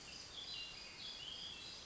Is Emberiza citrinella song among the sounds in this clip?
no